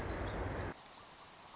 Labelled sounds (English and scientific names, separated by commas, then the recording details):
Pacific Wren (Troglodytes pacificus)
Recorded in Sonoma County, California